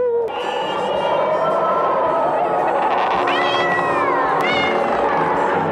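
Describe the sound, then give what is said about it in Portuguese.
A cat meows several times in drawn-out, bending cries of rising and falling pitch, from a chroma-key flying-cat scene in the TV show Chaves by Chespirito, over a steady, busy background with a faint murmur of voices. “E também um grande chroma aqui, que é aquele gato voando.”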